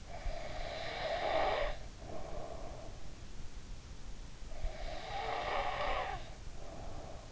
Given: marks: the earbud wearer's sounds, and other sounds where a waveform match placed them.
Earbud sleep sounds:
sounds in sleep by an in-ear microphone; snoring breath
0.00-2.97 s: snoring breath
4.59-7.24 s: snoring breath

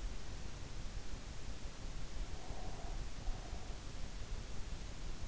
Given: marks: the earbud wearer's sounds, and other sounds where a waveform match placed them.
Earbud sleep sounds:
sounds in sleep by an in-ear microphone; breath
2.36-3.78 s: breath

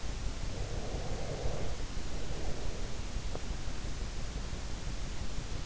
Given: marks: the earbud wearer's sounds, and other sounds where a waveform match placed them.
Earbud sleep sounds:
sounds in sleep by an in-ear microphone; breath
0.40-3.08 s: breath

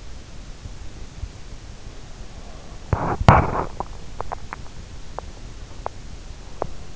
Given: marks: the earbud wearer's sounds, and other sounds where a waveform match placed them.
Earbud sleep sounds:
sounds in sleep by an in-ear microphone; teeth grinding
2.80-6.96 s: teeth grinding

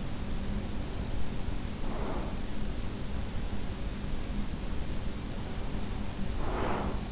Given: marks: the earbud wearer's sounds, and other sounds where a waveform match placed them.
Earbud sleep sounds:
sounds in sleep by an in-ear microphone; breath
0.92-2.93 s: breath
6.16-7.12 s: breath

